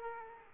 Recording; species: mosquito wingbeat signal from an infrared sensor; Aedes aegypti